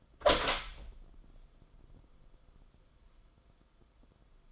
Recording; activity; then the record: daily activity, microphone in the room; open door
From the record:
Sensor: 5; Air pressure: 994.4 hPa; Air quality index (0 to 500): 186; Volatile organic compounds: 1000 ppm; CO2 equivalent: 5492 ppm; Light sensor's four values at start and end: 12/31/12/14 and 15/37/15/17